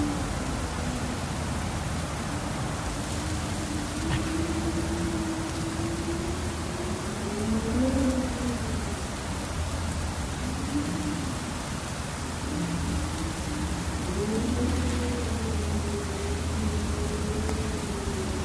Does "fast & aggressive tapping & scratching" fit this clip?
no